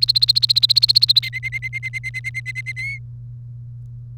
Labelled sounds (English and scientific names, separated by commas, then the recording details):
Domestic Canary (Serinus canaria) song
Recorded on 1 May 2018 at 11:46
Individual llb3